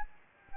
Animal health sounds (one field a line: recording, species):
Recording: mosquito wingbeat signal from an infrared sensor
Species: Anopheles gambiae